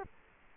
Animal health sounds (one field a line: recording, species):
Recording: mosquito wingbeat signal from an infrared sensor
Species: Culex quinquefasciatus